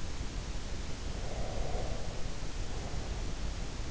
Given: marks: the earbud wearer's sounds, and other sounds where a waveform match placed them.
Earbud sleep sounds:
sounds in sleep by an in-ear microphone; breath
1.01-3.69 s: breath

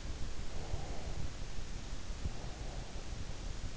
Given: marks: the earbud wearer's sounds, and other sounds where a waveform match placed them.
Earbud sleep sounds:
sounds in sleep by an in-ear microphone; breath
0.47-3.43 s: breath

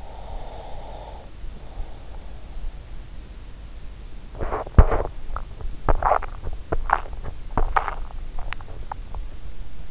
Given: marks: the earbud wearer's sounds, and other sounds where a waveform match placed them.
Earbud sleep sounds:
sounds in sleep by an in-ear microphone; breath, body movement, swallowing
0.00-2.44 s: breath
4.22-5.33 s: body movement
5.78-9.29 s: swallowing

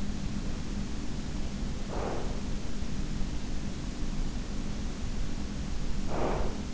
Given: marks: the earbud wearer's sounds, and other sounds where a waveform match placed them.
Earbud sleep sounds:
sounds in sleep by an in-ear microphone; breath
1.10-3.48 s: breath
5.86-6.74 s: breath

